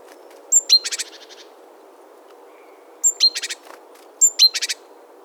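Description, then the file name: Great tit call, loud and clear: sharp high double note leading into a scratchy buzzing chatter, given three times in five seconds. "Parus major"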